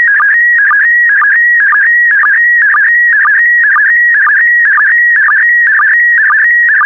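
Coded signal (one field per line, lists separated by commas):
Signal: SSTV (slow-scan television)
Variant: PD120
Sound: warbling steady tone near 1.9 kHz, interrupted by short low chirps twice a second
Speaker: transmission complete you can now check your decoded image against the picture that is shown on the video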